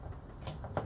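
The inner trim panel of the right door on a 2004 Nissan 350Z is pried away from the door, and softer pops at about 0.5 s and 0.6 s lead to a sharp snap at 0.8 s. At that snap, a plastic retaining clip lets go and the door cover is released.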